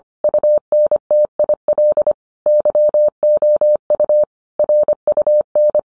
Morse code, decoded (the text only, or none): UNTIL YOU RUN